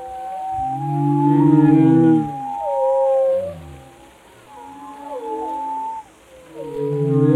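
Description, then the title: Whale vocalizations, loud low groans followed by swooping, looping whistle-like moans that rise and fall, with a quieter pause before the calls resume. "Whale Tales: Discovering the Stories Behind the Sounds"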